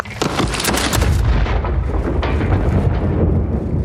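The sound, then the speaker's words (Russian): A massive nuclear explosion erupts into a deep, sustained roar, with heavy low rumble and crackling bursts that keep churning loudly for several seconds without fading. “И так, собственно говоря, и происходит, например, ядерный взрыв.”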